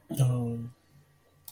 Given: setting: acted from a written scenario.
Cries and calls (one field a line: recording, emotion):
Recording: vocal sound without words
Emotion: romantic love